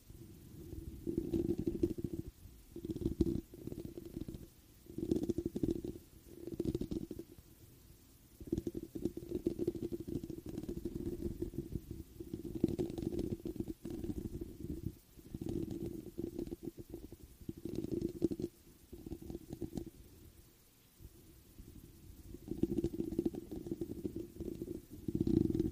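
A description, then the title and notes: Scratching and brushing on a foam mic cover produce a dense, low rumbling rub with no talking. The scuffing comes in bursts separated by brief near-silent gaps, roughly every second or two, with louder stretches near the start, middle and end. ASMR THE ULTIMATE MIC TRIGGER TEST on NEW Blue Yeti Pro (mic brushing, mic scratching, no talking). Mic Scratching on Foam Mic Cover.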